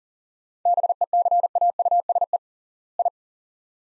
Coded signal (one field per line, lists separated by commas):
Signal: Morse code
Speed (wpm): 39 wpm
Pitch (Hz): 700 Hz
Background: none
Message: BECAUSE I